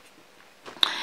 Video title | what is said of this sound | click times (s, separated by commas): Acquisti, progetti e buoni propositi - Sorrisi Azzurri | palettina perché si incastra perfettamente con la con il pennello e quindi è pronto all'uso | 0.8 s